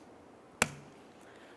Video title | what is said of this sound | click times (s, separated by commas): How to Replace Exterior Door Handles 1994-2002 Dodge Ram 2500 | listen for a click from that double check on both sides and make sure that's secure | 0.6 s